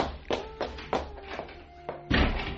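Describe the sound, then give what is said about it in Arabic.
An apartment door is opened in an Egyptian radio play: a few soft, evenly spaced taps and thunks, followed by a louder, fuller rush of sound as the door swings, with a faint steady hum underneath. “افتح باب الشقة يا ابني.”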